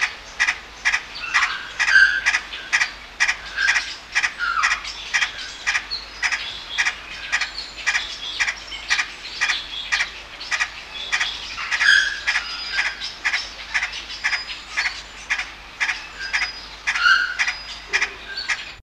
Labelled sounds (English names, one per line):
Lettered Aracari call